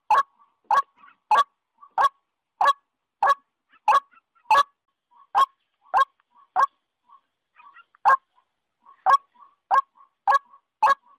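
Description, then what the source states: White-breasted waterhen giving a long run of abrupt, clipped notes, steadily repeated, broken by one short pause midway. Female white-breasted waterhen calling.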